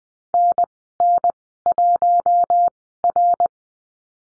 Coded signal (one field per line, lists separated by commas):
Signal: Morse code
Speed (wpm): 20 wpm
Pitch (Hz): 700 Hz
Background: none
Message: NN1R